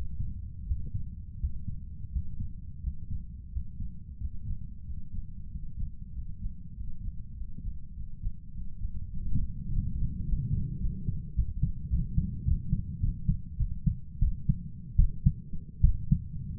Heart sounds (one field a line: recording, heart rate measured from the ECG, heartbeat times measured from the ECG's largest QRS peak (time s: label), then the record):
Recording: heart sounds by stethoscope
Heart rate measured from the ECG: 95 bpm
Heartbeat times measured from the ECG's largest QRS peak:
0.65 s: heartbeat
1.38 s: heartbeat
2.11 s: heartbeat
2.82 s: heartbeat
3.51 s: heartbeat
4.19 s: heartbeat
4.86 s: heartbeat
5.51 s: heartbeat
6.14 s: heartbeat
6.75 s: heartbeat
7.36 s: heartbeat
7.95 s: heartbeat
8.53 s: heartbeat
9.10 s: heartbeat
9.68 s: heartbeat
10.24 s: heartbeat
10.79 s: heartbeat
11.34 s: heartbeat
11.89 s: heartbeat
12.43 s: heartbeat
12.99 s: heartbeat
13.56 s: heartbeat
14.18 s: heartbeat
14.95 s: heartbeat
15.80 s: heartbeat
From the record:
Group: healthy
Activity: rest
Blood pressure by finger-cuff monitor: 91/59 mmHg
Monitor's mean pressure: 70 mmHg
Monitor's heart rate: 99 bpm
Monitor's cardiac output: 7.4 L/min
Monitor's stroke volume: 79 mL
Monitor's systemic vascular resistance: 680 dyn s/cm5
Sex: male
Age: 23 years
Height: 178 cm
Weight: 96.6 kg